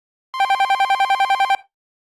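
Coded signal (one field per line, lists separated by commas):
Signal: none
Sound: phone's electronic ringtone warble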